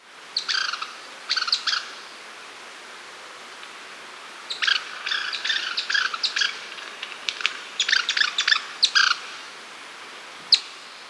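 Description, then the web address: Yellow-bellied chat-tyrant repeating short, scratchy sputtering bursts at irregular intervals, some clustered in quick series, ending with a lone sharp note. Recorded in Ecuador. "Birds of Ecuador 3. Yellow-Bellied Chat-Tyrant"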